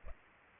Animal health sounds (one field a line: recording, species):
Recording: mosquito wingbeat signal from an infrared sensor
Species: Culex pipiens